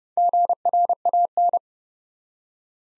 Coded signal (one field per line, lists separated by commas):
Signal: Morse code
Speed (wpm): 30 wpm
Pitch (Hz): 700 Hz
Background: none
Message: GRAN